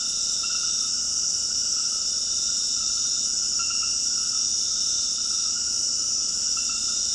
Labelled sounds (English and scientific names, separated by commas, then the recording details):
none
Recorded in dense forest near Puerto Asís, Putumayo, Colombia, on 21 February 2024 at 22:30
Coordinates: 0.481, -76.318
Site G6421